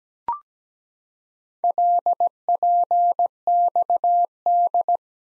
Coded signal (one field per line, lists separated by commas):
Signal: Morse code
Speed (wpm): 17 wpm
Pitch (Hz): 700 Hz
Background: none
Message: LPXD